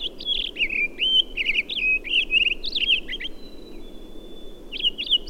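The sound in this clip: Townsend's solitaire delivering a quick, jumbled warbling phrase of clear whistled notes, then a thin sustained tone and a short final flourish.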